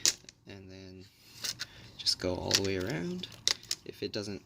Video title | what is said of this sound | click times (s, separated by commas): HP Pavilion 15-au123cl disassembly screen lcd replacement | Make sure not to use too much force. You should hear it clicking. | 0.0 s